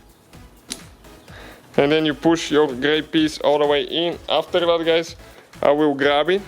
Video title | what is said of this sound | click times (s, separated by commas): CHEVROLET CRUZE HEADLIGHT BULB REPLACEMENT. LOW BEAM HIGH BEAM HEADLIGHT BULB | okay, until you hear that click. Listen now for the click, | 0.7 s